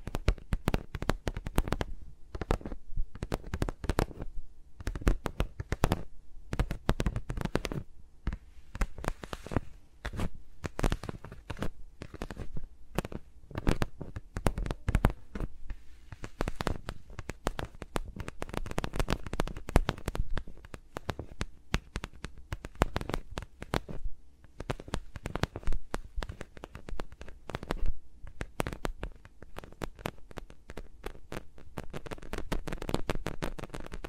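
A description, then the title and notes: Fingers move around the mics, making dense, irregular rubbing and tapping that crackles in quick bursts throughout. The sharp clicks reach from deep thumps up to bright edges, and the pace shifts from clustered flurries to brief pauses. No talking is heard. ASMR with Mics Around My Fingers (No Talking).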